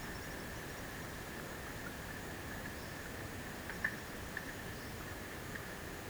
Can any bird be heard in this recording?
no